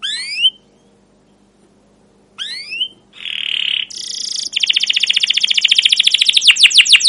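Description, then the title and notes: Canary song beginning with two bursts of rising slurred notes set apart, then buzzy rasping notes leading into a fast rolling trill that swells in loudness. Caged canary song used as a lure to train other canaries, described as long, lively chattering for young birds learning sounds. "CUIT CUIT NGEROL LANGSUNG GACOR PANJANG Kenari Ini AMPUH Utk Pancingan KENAR. PANCINGAN Kenari GACOR PANJANG Cuit CUIT EMOSI ini AMPUH utk MASTERAN Kenari PAUD belajar BUNYI. burung kenari"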